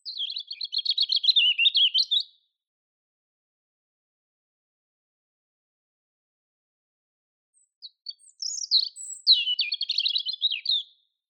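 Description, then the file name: European robin singing a short burst of quick, high tinkling notes, then a pause of several seconds before another thin, jangling phrase. "Erithacus rubecula"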